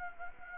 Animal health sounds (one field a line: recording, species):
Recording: mosquito wingbeat signal from an infrared sensor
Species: Anopheles gambiae